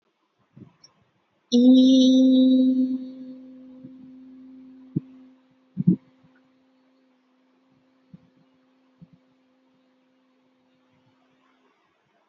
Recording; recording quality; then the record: sustained vowel as in beet; moderate, slight background noise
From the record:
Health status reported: healthy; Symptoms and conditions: none ticked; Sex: female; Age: 25 years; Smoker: not ticked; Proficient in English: yes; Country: India